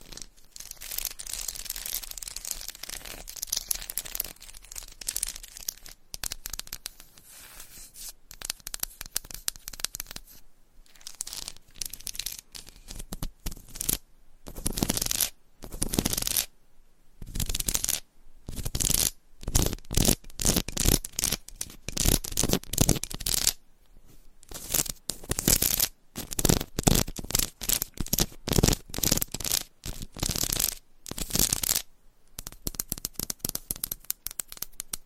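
Fingernails scratch and tap across a textured candle, making dry, crisp scraping strokes. The first seconds are a denser, continuous rasp; after that come quick bursts of scratching separated by brief silences, irregular but frequent.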